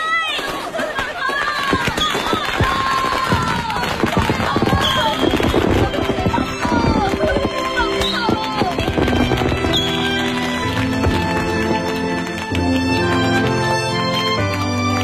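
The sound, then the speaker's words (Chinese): Strings of firecrackers crackle and pop in dense, rapid bursts while excited voices shout over them, all the firecrackers set off at once to celebrate the Chinese New Year; the sharp crackling thins out toward the end as sustained tones rise. “放得最多，也放得最响，大伙儿想要说的话呀，都融进了这响彻云天的炮竹声中。”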